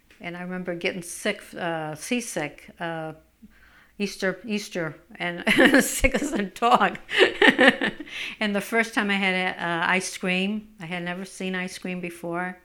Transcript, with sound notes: And I remember getting sick, seasick, Easter, and I was sick as a dog. ( she laughs ) And the first time I had ice cream, I had never seen ice cream before,